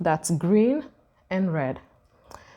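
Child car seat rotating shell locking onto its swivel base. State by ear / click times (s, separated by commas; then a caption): seated / 2.3 s. Someone talks as the swivel base of an Evenflo Revolve 360 child car seat is turned until its rotation lock engages, with a green/red lock indicator on the side. A short, sharp click is heard at 2.3 s as the rotating shell seats onto its swivel base and locks into place.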